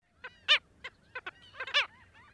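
Black Skimmer calls: nasal, barking yelps in uneven clusters, some single and some doubled, with a few fainter overlapping calls in a quiet background.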